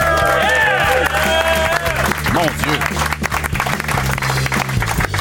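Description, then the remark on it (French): Loud, sustained applause from an audience at a live show, greeting a columnist's segment: dense clapping mixed with cheers and whoops, while a man who had let his cell phone ring shouts loudly over the noise, and tonal sounds ring out in the first seconds. “Vous n'avez jamais été autant applaudi, mais il faut savoir que c'est le monsieur qui a laissé sonner son téléphone cellulaire qui essaie de se rattraper en criant fort.”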